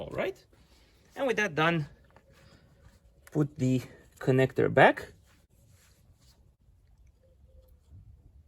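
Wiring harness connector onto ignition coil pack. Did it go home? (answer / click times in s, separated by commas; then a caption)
no / none. Someone talks while the wiring harness connector is brought back to the ignition coil pack of a 2014 Opel Corsa D 1.4 and lined up before being pushed home, with only faint, brief handling ticks in between. This connector does not click when seated and is locked afterwards with an orange protective pin; nothing has seated or clicked yet.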